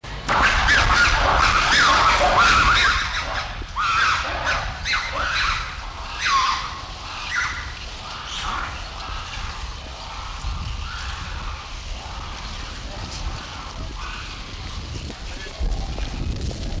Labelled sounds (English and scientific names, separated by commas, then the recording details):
Black-and-white Ruffed Lemur (Varecia variegata) call
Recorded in captivity
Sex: group
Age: adult
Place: Zoo Berlin, Berlin, DE
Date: 1989-10-27 13:13
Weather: 13°C, bedeckt, sonnig
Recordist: Tembrock, Günter